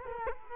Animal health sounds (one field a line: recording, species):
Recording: mosquito wingbeat signal from an infrared sensor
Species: Culex quinquefasciatus